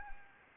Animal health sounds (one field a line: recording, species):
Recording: mosquito wingbeat signal from an infrared sensor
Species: Anopheles arabiensis